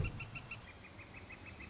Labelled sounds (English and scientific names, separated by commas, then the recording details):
Northern Flicker (Colaptes auratus)
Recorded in Sonoma County, California